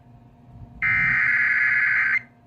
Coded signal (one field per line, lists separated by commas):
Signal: Emergency Alert System (SAME) tones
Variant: header bursts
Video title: EAS Compilation: New radio, FM Relay Galore, and other general chaos. July 10-19 (EAS #67-#85)